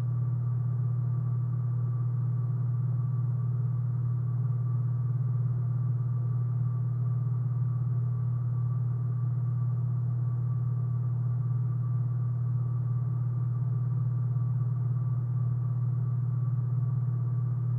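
Room tone with a steady, unchanging low hum, strongest in the deep range, like machinery or ventilation idling. A faint thin whine sits above it, and nothing else happens; the level stays flat throughout with no distinct events and no high sounds.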